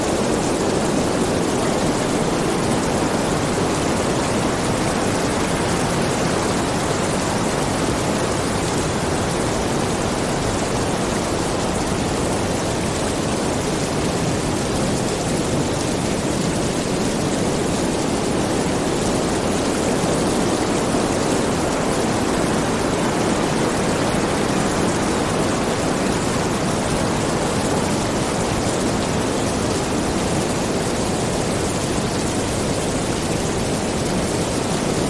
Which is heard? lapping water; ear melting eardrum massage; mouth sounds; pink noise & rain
pink noise & rain